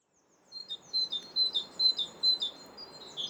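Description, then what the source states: Great Tit song: a ringing two-note 'teacher, teacher' phrase repeated several times, sharp and high, with low background noise. Classic 'teacher' song with two strident, forceful tones, repeated as 'teacher, teacher, teacher'; song has a ringing quality that carries above traffic.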